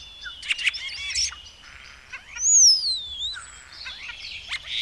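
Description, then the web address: Bird song with a bright whistle gliding down in pitch, surrounded by quick chirps and trills. "madarak enek"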